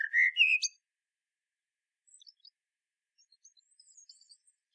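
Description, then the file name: Common blackbird song: one loud fluted phrase rising into a high squeak at the start, followed by faint thin twittering notes. "Turdus merula"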